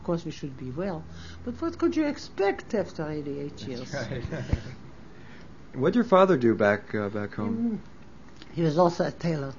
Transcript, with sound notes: Of course, we should be well. But what could you expect after eighty-eight years?
[Laughs] That's right. What did your father do back home?
He was also a tailor.